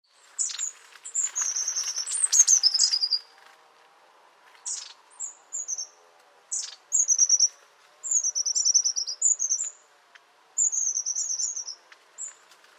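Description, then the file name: Long-tailed tit giving very high, thin descending trilled calls in short bursts, with sharp tsip notes between the series, repeated throughout. Nominate subspecies caudatus. "Ilgauodegė zylė - Long-tailed Tit - Aegithalos caudatus caudatus"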